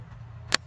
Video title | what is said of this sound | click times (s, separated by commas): Piper M134 Jul 2024 | Clicks right in. | 0.5 s